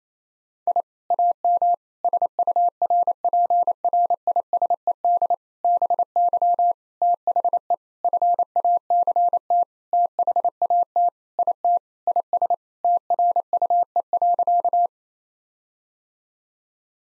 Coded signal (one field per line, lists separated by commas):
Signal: Morse code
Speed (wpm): 27 wpm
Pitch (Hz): 700 Hz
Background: none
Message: I AM SURPRISED BY THE FACT THAT IT IS TRUE.